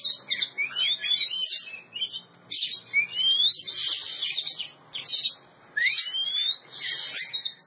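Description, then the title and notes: Oriental magpie-robin song, dense scratchy warbling mixed with clear upslurred whistles, over a faint low background hum. Champion bird. "Kicau Burung Kacer Juara. Suara Kicauan Burung Kacer Juara"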